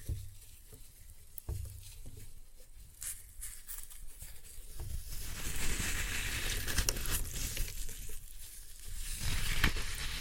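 Floral foam being crushed up close, a dense crackling and crunching that swells louder after five seconds, with brief thumps near the start.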